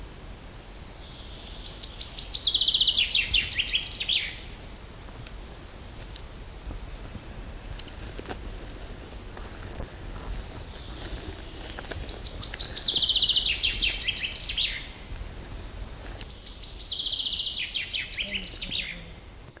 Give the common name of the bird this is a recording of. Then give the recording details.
Common Chaffinch. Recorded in the wild. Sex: male. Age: adult. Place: Mühlenbecker Wald, Brandenburg, DE. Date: 1997-06-07 15:50. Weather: fair, ca. 26°C, gusty winds. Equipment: Nagra SN, Kopie Uher 4000 Report Monitor. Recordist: Tembrock, Günter